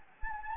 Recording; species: mosquito wingbeat signal from an infrared sensor; Anopheles gambiae